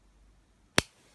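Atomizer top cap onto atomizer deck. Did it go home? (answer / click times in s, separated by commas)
yes / 0.8 s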